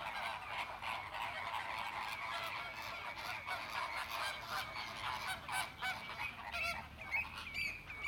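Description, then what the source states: Flamingos calling as a flock, a dense chorus of overlapping nasal, goose-like honks, with a few higher clearer notes standing out near the end. Captive flamingos at the Bristol Zoo flamingo enclosure.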